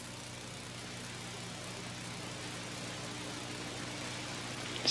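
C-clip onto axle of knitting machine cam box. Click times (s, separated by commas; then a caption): 4.8 s. A metal C-clip is fastened onto the end of an axle in a knitting machine cam box against a steady low hum. At 4.8 s a sharp, bright snap rises above the hum as the clip seats on the axle.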